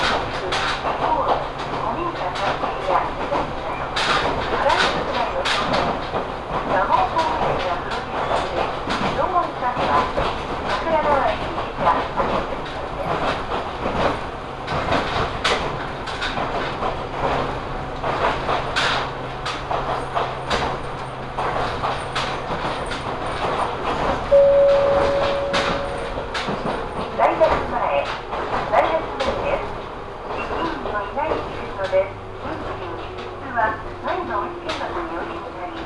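Riding aboard an Ohmi Railway train between Yokaichi and Kibukawa: a steady rumble with dense rattling and frequent sharp clicks from the carriage. Voices murmur underneath, and from about 24 seconds a thin whine appears, slowly sliding lower to the end.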